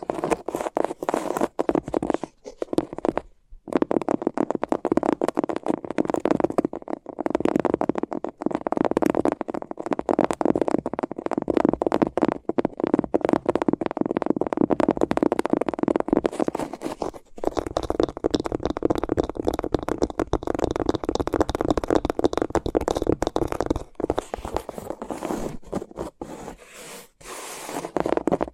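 Sensitive crinkly tingles from tape over microphones: dense, rapid scratching and crackling that runs almost without pause for the whole half minute. Brief silences break it near 3, 17 and 24 seconds, and the texture turns slightly brighter and rougher after the middle.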